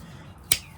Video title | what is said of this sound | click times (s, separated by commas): Rare Queen Knife Revival & New York/Pennsylvania Knife Unboxing! | hear that snap | 0.5 s